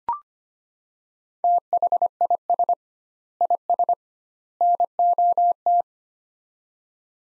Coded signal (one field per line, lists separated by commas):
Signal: Morse code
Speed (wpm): 25 wpm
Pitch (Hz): 700 Hz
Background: none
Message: THIS IS NOT